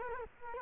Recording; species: mosquito wingbeat signal from an infrared sensor; Culex quinquefasciatus